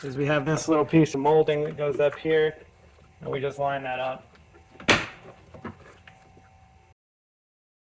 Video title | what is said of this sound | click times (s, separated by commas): 2008-2020 Dodge Grand Caravan - Window Regulator Motor Replacement | And lock that piece into place, and that would be how you replace | 4.9 s